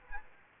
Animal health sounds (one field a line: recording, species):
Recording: mosquito wingbeat signal from an infrared sensor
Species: Aedes aegypti